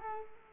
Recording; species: mosquito wingbeat signal from an infrared sensor; Culex quinquefasciatus